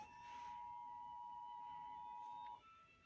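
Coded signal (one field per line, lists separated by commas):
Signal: Emergency Alert System (SAME) tones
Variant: 853 and 960 Hz attention tone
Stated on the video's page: Los Angeles County monthly test, with untoned bulletins on a weather radio station.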